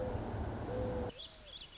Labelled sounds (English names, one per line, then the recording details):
Mourning Dove
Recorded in Sonoma County, California